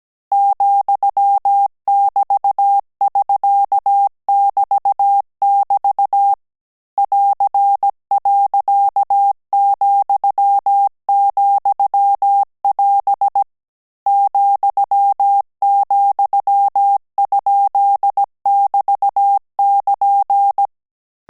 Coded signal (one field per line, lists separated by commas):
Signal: Morse code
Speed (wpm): 17 wpm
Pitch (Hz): 800 Hz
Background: none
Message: ,<BT><SK><BT><BT> <AR>.,,<AS> ,,?<BT><KN>